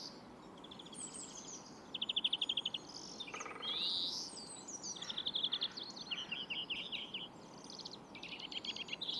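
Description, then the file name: European greenfinch giving short rapid trills, with a brief buzzy nasal note near the middle, over steady background hiss and other small bird chirps. "Chloris chloris"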